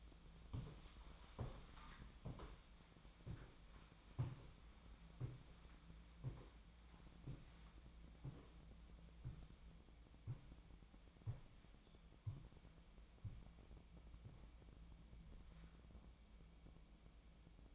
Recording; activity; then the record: daily activity, microphone in the room; walk to room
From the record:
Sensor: 1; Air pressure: 1010.1 hPa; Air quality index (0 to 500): 185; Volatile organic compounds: 16 ppm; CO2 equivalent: 2542 ppm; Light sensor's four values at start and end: 37/94/39/48 and 37/94/39/48